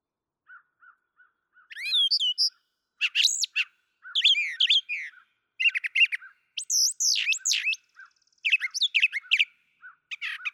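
Brown thrasher song opening with soft low notes, then bursting into loud, rich, varied phrases, some doubled, in quick succession.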